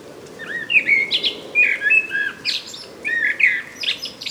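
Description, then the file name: Common blackbird song: repeated fluty whistled motifs each closed by shrill scratchy twittering, phrases following one another closely. "Turdus merula"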